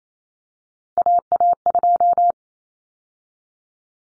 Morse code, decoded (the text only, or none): AA2